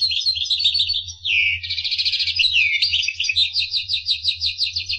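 Finch singing a chattering song of rapid repeated chirps and short trills, with a faint low hum in the background.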